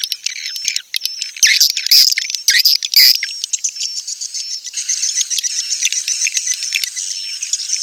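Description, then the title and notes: Swiftlet twittering, loud and choppy at first, then settling into a thinner, steady stream of high chirps with faint whistled notes. Swiftlet farming sound, Asia. "Swiflet Bird Sound. Farming Swiflet Bird asia sound"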